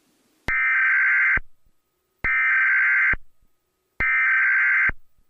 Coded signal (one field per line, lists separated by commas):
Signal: Emergency Alert System (SAME) tones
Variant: header bursts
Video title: EAS Scenario 2: Cookie Run Kingdom